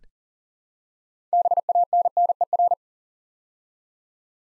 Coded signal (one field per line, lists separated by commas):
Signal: Morse code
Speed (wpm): 41 wpm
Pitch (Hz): 700 Hz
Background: none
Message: BANNER